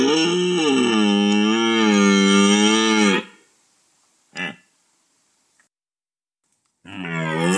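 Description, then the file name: Red deer bellow: a long, steady three-second roar, a short grunt, then another roar beginning. "gímszarvas"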